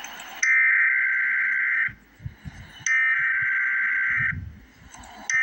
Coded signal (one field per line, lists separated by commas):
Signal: Emergency Alert System (SAME) tones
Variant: header bursts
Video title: Emergency Alert System - Special Weather Statement - Sep 15, 2025 at 5:20 AM EDT